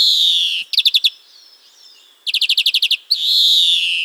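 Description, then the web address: European greenfinch song: a long, harsh, wheezy buzz, then two quick rattling trills, with a second wheeze closing the phrase. "birdify. carduelis chloris"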